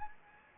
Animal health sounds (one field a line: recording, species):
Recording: mosquito wingbeat signal from an infrared sensor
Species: Anopheles gambiae